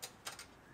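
A second clip-in plastic cable connector is handled at another knockout in a metal sub-panel box, giving a few short, bright ticks near the start, a louder one around 0.3 s, and a softer one around 0.4 s. Nothing has seated or clicked into the knockout yet.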